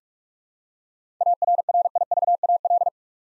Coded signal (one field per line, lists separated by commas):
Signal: Morse code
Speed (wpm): 46 wpm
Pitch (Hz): 700 Hz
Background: none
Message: ARRIVAL